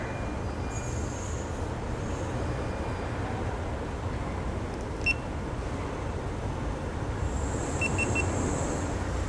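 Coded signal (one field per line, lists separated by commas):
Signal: beep code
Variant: GoPro Hero 7 Black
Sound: steady rumbling noise, one high beep, then three quick high beeps about three seconds later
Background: vehicle or wind rumble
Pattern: 1 beep, then 3 short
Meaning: Recording ended, then the video was saved to the memory card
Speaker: 1 beep to end recording and then 3 beeps to record the video to the memory card.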